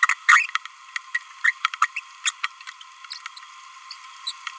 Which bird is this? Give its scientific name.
Forpus passerinus